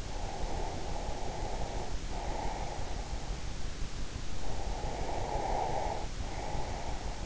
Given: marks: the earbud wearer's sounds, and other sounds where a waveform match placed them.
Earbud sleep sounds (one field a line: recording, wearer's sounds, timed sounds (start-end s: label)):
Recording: sounds in sleep by an in-ear microphone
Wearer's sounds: breath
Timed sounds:
0.00-3.13 s: breath
4.39-7.14 s: breath